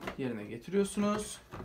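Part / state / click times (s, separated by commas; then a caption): water tank into espresso machine / not seated / none. Someone talks while the plastic water tank is handled and set back toward its place in a Philips EP 2220 fully automatic espresso machine. The clip is mostly speech, with faint handling sounds beneath it. The tank has not seated or clicked into place yet.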